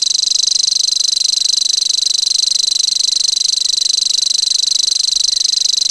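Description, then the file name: Common grasshopper warbler song, a continuous high mechanical reel of rapid ticking pulses that never pauses through the six seconds, steady in pitch and loudness. "grasshopper warbler omkicau"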